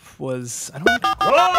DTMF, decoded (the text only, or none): 344